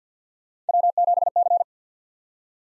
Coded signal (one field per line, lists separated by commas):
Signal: Morse code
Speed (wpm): 49 wpm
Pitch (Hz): 700 Hz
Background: none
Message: W7C